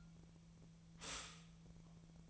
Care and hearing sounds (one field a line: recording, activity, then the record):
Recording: daily activity, microphone in the room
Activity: stop toaster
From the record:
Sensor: 1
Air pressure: 1009.3 hPa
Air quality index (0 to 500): 195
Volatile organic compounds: 19 ppm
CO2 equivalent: 2665 ppm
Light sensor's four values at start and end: 27/70/29/34 and 27/70/29/34